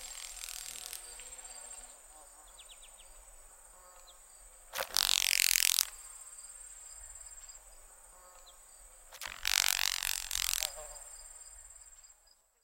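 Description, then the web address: Grasshoppers making dry, crackling rattles in two loud bursts of about a second each, with faint high buzzing and a steady hiss between them. "The Songs of Insects. Boll's and Carolina Grasshoppers"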